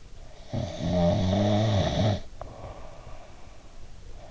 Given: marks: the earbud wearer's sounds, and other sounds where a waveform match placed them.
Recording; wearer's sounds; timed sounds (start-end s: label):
sounds in sleep by an in-ear microphone; snoring breath
0.48-3.66 s: snoring breath